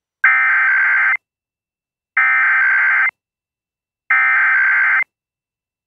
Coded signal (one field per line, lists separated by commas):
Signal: Emergency Alert System (SAME) tones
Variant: header bursts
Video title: (EAS #128) | Alaska IPAWS Required Weekly Test on WJON-IP | 06/24/2024